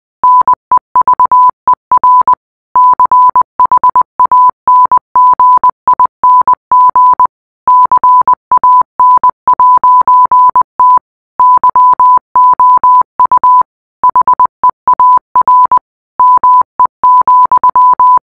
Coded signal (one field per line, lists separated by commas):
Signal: Morse code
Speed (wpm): 20 wpm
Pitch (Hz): 1000 Hz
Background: none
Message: NEVER CHANGING CAN'T YOU HEAR ME,